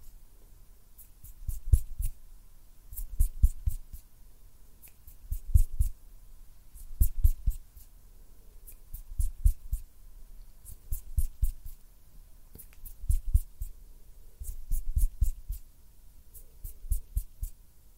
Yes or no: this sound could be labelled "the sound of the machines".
no